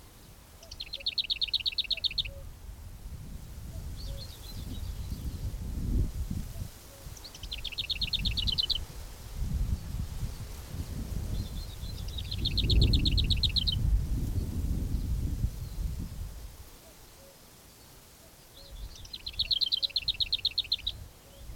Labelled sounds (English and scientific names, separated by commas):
Lesser Whitethroat (Sylvia curruca)